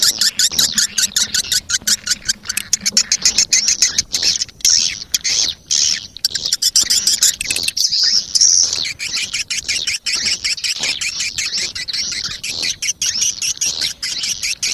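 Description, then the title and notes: Swiftlet twittering, high buzzy chirps mixed with fast irregular clicks throughout. Sound used in swiftlet farming, Asia. "Swiflet Bird Sound. Farming Swiflet Bird asia sound"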